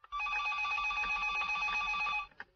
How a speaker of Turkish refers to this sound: Telefon çalıyor. Bak bakalım kimmiş arayan.